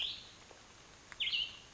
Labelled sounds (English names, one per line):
Cassin's Vireo